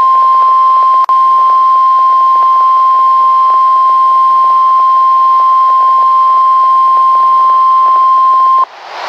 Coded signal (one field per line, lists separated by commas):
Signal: Emergency Alert System (SAME) tones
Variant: 1050 Hz attention tone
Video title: Required Weekly Test - 10/24/12 (EAS #347)